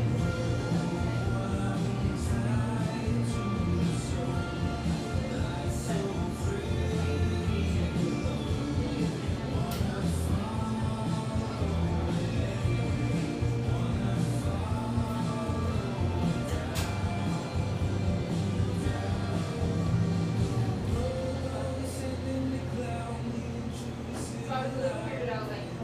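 Café sound dominated by steady, full music with a strong low end and shifting melodic lines layered over it. Sharp little clicks and clinks cut through every few seconds, and the level holds even throughout, easing slightly in the last few seconds.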